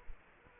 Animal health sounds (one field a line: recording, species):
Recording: mosquito wingbeat signal from an infrared sensor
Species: Culex quinquefasciatus